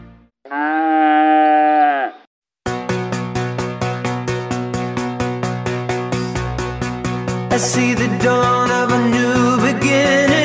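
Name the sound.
cow mooing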